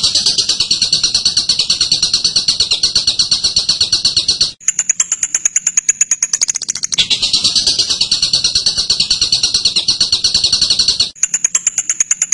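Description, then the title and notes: Bird song: long bursts of dense buzzy chatter alternate with shorter runs of higher, sharper chips. Masteran: a birdsong training recording. "MASTERAN BURUNG. suarane manok"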